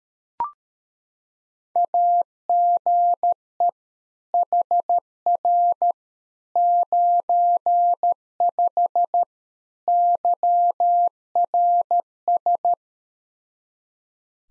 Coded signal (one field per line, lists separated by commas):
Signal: Morse code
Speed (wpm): 13 wpm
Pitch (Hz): 700 Hz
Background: none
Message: AGE HR 95 YRS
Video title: Practice QSO - Exchange 3- More Info - 13wpm